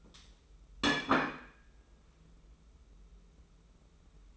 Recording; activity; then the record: daily activity, microphone in the room; place plate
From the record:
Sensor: 1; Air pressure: 994.4 hPa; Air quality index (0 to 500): 217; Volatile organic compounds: 1000 ppm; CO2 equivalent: 7757 ppm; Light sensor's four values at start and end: 60/131/59/63 and 59/129/58/62